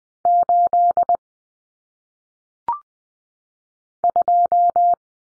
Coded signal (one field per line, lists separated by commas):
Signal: Morse code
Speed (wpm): 20 wpm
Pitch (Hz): 700 Hz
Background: none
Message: 8 2